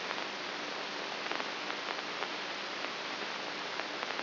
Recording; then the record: brain microelectrode recording played as sound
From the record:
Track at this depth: inside the subthalamic nucleus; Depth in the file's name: 5.84 mm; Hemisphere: right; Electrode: 3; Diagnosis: Parkinson's disease